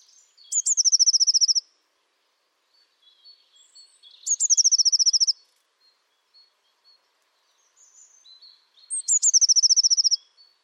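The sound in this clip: Bird trills: three high, bright bursts, each a sharp upward note and then a fast run of even notes, about one second long and roughly four seconds apart.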